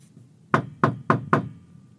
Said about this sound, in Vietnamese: Duy Hiển từ ngoài gõ cửa.